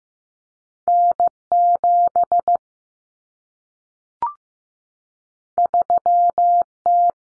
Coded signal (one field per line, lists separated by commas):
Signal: Morse code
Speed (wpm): 15 wpm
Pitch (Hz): 700 Hz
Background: none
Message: N7 3T